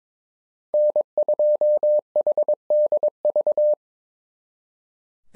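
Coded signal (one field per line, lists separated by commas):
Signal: Morse code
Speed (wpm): 22 wpm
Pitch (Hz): 600 Hz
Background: none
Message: N2HDV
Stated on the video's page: Generated Morse at 22wpm of SOTA summit QSO exchanges for practice, each sent, spoken, then sent again.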